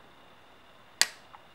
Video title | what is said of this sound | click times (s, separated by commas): Amtryke 1416, 1420, 1420xl with Rear Steer - Part 4 | and you usually hear a snap, not always, but if you hear that snap, it's good to go. | 1.0 s